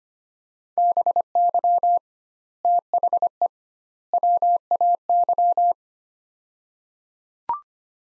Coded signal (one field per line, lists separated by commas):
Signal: Morse code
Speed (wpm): 25 wpm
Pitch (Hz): 700 Hz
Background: none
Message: BY THE WAY